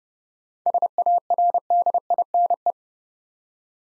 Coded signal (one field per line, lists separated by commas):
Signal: Morse code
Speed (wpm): 28 wpm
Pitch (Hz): 700 Hz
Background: none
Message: SARDINE